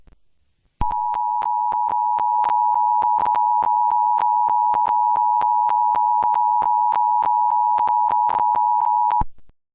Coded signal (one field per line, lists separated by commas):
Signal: Emergency Alert System (SAME) tones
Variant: 853 and 960 Hz attention tone